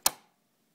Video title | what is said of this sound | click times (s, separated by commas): ~Tip: how to put a bobbin into the bobbin driver on a sewing machine~ | there did you hear that click now it's in there and you can see | 0.1 s